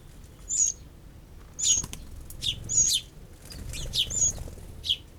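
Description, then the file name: Eurasian wren giving short, sharp high call notes, single or paired, spaced irregularly about a second apart. "Troglodytes troglodytes"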